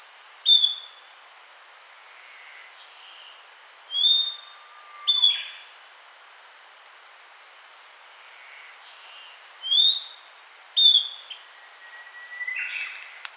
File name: Emberiza variabilis